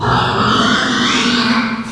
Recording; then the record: squeal of a Yucatan mini pig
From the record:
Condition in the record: after surgery on the right vocal fold (resection and tissue-engineered implant); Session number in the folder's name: 15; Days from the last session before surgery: 175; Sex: female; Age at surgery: 19 weeks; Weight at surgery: 25 kg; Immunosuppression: prednisolone